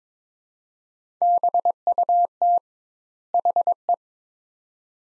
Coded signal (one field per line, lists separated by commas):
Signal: Morse code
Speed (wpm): 21 wpm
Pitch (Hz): 700 Hz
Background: none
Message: BUT HE